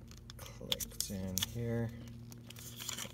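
A midrange speaker from a BMW E46 Harman Kardon front door is pushed into its plastic door mount, and one edge clicks in at 0.7 s amid crinkling handling noise while someone talks. Only that side is seated; the other side has not gone in yet.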